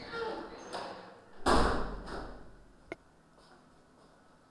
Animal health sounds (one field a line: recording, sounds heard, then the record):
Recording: poultry house recording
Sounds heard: no chicken sound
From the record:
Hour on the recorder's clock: 21